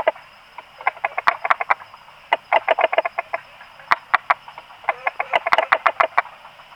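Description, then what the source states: Frog, clucking pulsed calls delivered in quick bursts separated by short gaps, with a thin continuous high tone in the background. Recorded 26 April 2020, between 18 and 20 h.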